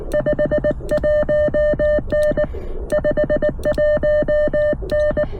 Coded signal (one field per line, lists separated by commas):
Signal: Morse code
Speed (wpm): 19 wpm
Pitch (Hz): 600 Hz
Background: music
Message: 51N 51N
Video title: CFT1 | Small Radio...BIG EARS | POTA @ US-10173